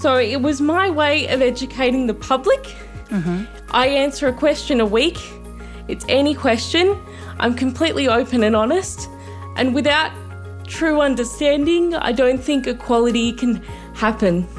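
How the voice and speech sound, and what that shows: An adult woman with cerebral palsy speaks in connected phrases with short pauses. Her vowels are heavily nasal, there are occasional creaky onsets, and some consonants are slightly distorted. This fits mild dysarthria from cerebral palsy, though her speech stays largely intelligible.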